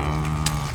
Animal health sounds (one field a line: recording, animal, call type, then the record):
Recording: contact call of a hoofed animal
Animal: cattle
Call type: low-frequency (closed-mouth) or high-frequency (open-mouth) call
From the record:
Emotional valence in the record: negative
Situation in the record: full separation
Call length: 0.75 s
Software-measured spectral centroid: 4130 Hz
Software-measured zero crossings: 1840 a second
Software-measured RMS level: -24 dBFS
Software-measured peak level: -3 dBFS